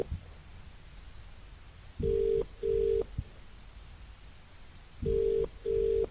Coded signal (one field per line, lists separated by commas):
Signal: telephone call progress tone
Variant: UK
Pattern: ringback tone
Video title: Phone Sound Ringing: Cell Phone Ringing Sounds: Old Telephone Sound Effect Ringing (1 Hour)